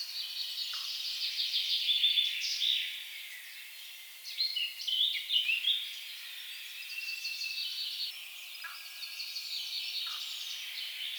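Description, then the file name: Eurasian blackcap song, a faint, rambling high warble with brief louder bursts around two and five seconds, over a steady hiss. "Sylvia atricapilla"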